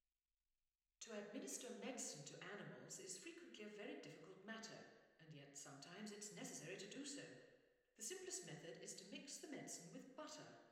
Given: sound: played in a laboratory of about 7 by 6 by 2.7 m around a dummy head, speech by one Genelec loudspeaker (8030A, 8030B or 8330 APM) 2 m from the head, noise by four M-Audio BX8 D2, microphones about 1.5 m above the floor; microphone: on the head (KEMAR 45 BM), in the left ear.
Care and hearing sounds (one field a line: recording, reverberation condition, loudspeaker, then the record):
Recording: female speech in English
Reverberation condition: high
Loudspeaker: 60 degrees to the left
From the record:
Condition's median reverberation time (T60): about 1300 ms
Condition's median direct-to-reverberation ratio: about -4.0 dB